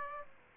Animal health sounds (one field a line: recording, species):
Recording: mosquito wingbeat signal from an infrared sensor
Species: Aedes aegypti